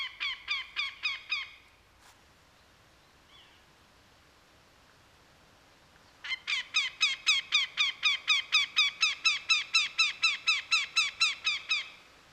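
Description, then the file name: Northern goshawk calling in harsh, cackling kek notes: a short burst of about six, a few seconds of quiet, then a long steady run of rapid notes. 12 May 2010. "andrew spencer nogo"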